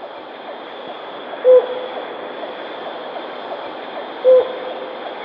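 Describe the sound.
Helmeted hornbill hooting, just two brief level notes spaced almost three seconds apart, with a faint steady hiss between.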